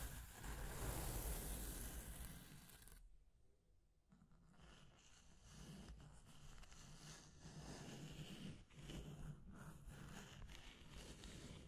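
Scratching and tracing sounds: a loud, rough rush fills the first three seconds, then drops to near silence for about a second. From four seconds on, softer dry scraping strokes continue unevenly, with brief sharp scratches around eight to ten seconds.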